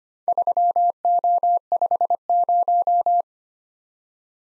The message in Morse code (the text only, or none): 3O50